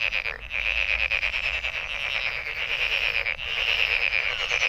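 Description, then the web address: Continuous frog chorus of overlapping pulsed trills, growing slightly louder toward the end, with a couple of brief dips. Recorded 23 May 2008. "misc sound frog frog 20080523"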